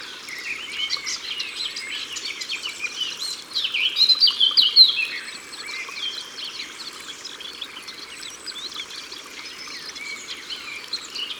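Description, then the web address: Eurasian blackcap song: a rapid, loud warbled phrase of mixed high notes early, over a constant chorus of other birds and a steady background noise. Recorded by the water. "Fauvette a tete noire Au bord de leau. album au-bord-de-leau"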